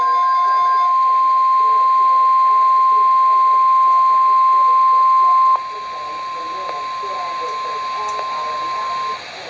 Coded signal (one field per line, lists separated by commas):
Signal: Emergency Alert System (SAME) tones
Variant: 1050 Hz attention tone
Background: speech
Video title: Severe T'storm Watches (EAS #401 - 402)